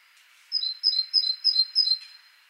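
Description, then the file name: Great tit singing five quick two-note phrases, each a higher note then a lower one, evenly repeated about three times per second. "Parus major"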